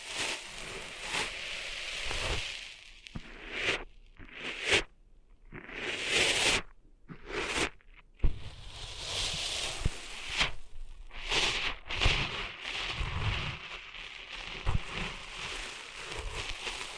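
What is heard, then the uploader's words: Sand is cleaned out of an ear with a grainy, crackling scrape that rises and falls in bursts. Short silent breaks cut in around the fourth to eighth seconds. After them the gritty rustling returns, dense and bright, with occasional sharper crunches. ASMR Cleaning Sand Out of Your Ears (No Talking).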